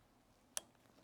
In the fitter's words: and I heard a little click I don't know if you heard it or not but now that looks good